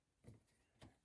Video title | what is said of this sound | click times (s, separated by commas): Epson 5100 Printer Ink Replacement Time | Hear it click in, which means it punctured that little plastic cover. | 0.8 s